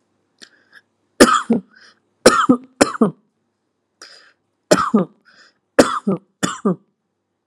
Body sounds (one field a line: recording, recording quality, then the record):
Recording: heavy voluntary cough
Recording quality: excellent, no background noise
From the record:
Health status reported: healthy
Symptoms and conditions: none ticked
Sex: male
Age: 28 years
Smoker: not ticked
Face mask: not worn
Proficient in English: yes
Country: India